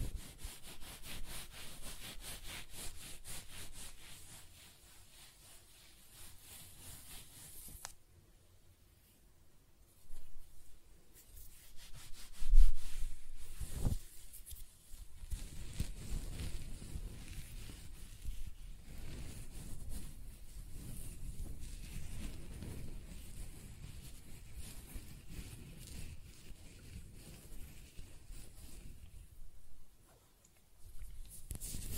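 Close scratching, brushing and stroking of hair, starting with a bright, dense hiss of bristles for about eight seconds. A soft knock lands near the twelve-second mark, then slower, duller rubbing strokes continue, with brief pauses around ten and thirty seconds.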